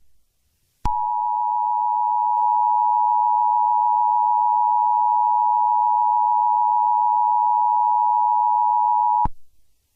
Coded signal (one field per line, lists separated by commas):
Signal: Emergency Alert System (SAME) tones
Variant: 853 and 960 Hz attention tone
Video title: EAS SCENARIO: Black Shadow Humans 1/31/2025. **HAS VALID TONES**